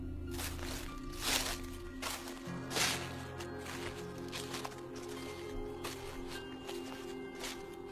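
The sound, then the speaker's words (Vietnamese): Heavy footsteps from outside, like those of a very fat person weighing around 100 kg. They thud at a slow, uneven pace, each step a dull, muffled impact, over a steady low hum that runs throughout. “Hàng loạt những tiếng bước chân từ bên ngoài vọng vào.”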